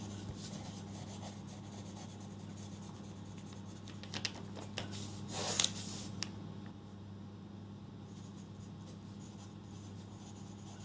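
Pen or pencil scratching across paper in short irregular strokes, louder around five to six seconds, over a steady low hum.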